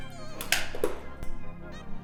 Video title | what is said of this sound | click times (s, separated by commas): DATSUN 280Z HEADLIGHT CHANGE AND FOGLIGHT UPDATE - Custom DRL and and foglights on a classic car! | and it snaps right into place | 0.5 s